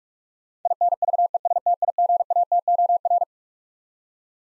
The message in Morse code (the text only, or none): INVESTIGATOR